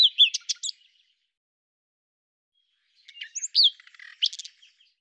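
Common nightingale singing two short phrases of whistled slurs and buzzy, chattering notes, separated by a two-second silence.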